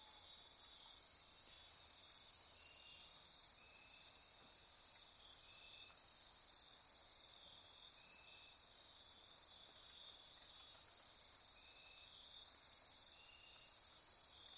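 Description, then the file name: Insect chorus, a dense continuous high-pitched trilling wall with steady shimmering buzzes layered over it, plus faint short buzzy notes lower down repeating at irregular intervals. Insect chorus at midnight near Corcovado. "Wind-is-the-Original-Radio-Fridays 20240628 Andy-Martin Midnight-Insect-Chorus-Near-Corcovado"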